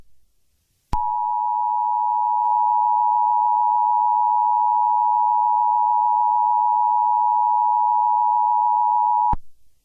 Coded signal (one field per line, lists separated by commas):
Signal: Emergency Alert System (SAME) tones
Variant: 853 and 960 Hz attention tone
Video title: EAS Scenario #6: Great Terror Attack of London.